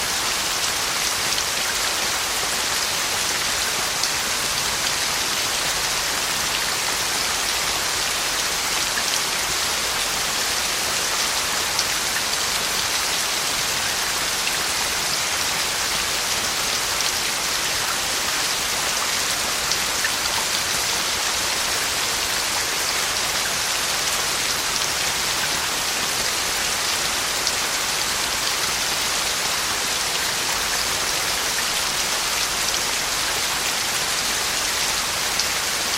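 Rain falls steadily and heavily for the whole stretch, a dense, even hiss of countless drops striking a surface. The sound sits mostly in the bright upper range with little low rumble, and it holds at the same level throughout without pauses or distinct events.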